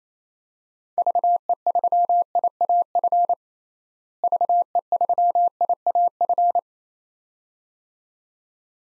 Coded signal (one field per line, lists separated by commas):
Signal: Morse code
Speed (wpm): 27 wpm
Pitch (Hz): 700 Hz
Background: none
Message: VE3IAF VE3IAF